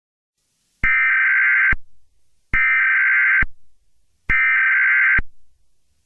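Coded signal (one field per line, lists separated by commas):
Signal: Emergency Alert System (SAME) tones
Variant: header bursts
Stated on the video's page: Fictional EAS scenario for a flash flood warning.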